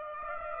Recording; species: mosquito wingbeat signal from an infrared sensor; Aedes aegypti